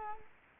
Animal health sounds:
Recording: mosquito wingbeat signal from an infrared sensor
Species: Culex quinquefasciatus

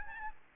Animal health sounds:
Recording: mosquito wingbeat signal from an infrared sensor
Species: Aedes albopictus

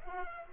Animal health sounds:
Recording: mosquito wingbeat signal from an infrared sensor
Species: Aedes aegypti

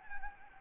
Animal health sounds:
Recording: mosquito wingbeat signal from an infrared sensor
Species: Anopheles gambiae

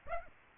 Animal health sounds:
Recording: mosquito wingbeat signal from an infrared sensor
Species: Aedes aegypti

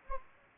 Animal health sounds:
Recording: mosquito wingbeat signal from an infrared sensor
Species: Anopheles gambiae

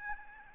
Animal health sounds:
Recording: mosquito wingbeat signal from an infrared sensor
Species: Aedes albopictus

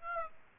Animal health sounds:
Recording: mosquito wingbeat signal from an infrared sensor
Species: Aedes aegypti

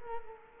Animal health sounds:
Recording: mosquito wingbeat signal from an infrared sensor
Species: Culex quinquefasciatus

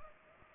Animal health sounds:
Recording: mosquito wingbeat signal from an infrared sensor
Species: Culex pipiens

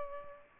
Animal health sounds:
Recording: mosquito wingbeat signal from an infrared sensor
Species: Aedes albopictus

